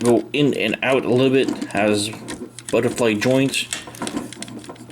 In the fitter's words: snaps into place like this you have really